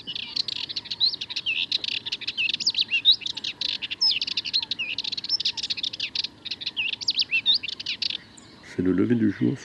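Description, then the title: Sardinian warbler delivering a long, hurried babble of chattering and twisting whistled notes, then ending; a low rumbling noise follows at the close. At dawn twilight, 22 March 2019, Le Charnier, Camargue; a long monologue of incredibly nervous, fast song; recorded with a parabolic reflector, MKH8020 microphone and MixPre-3 recorder. "Une Fauvette mélanocéphale"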